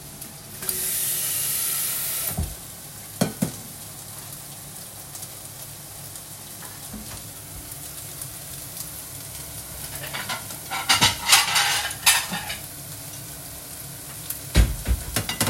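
Chicken hits a hot pan and sizzles, a loud bright hiss for the first two seconds that then settles into a quieter steady fry. Sharp utensil knocks land around three seconds and near the end, with a busy burst of stirring and crackling between ten and thirteen seconds.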